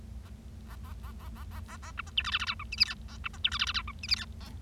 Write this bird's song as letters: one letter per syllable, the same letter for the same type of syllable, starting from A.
A A A A A A A A A B C D E F F G H I J K A B C D E F F G H I J K A